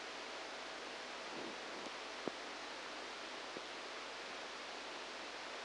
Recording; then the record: brain microelectrode recording played as sound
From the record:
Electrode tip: outside the subthalamic nucleus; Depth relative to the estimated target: -2 mm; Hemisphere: left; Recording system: NeuroSet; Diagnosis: Parkinson's disease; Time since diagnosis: 10 years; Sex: male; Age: 63 years